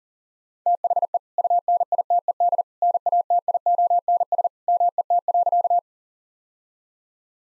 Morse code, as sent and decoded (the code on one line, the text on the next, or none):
- .... . / ..- -. .. - . -.. / -. .- - .. --- -. ... / -- . - .-.-.-
THE UNITED NATIONS MET.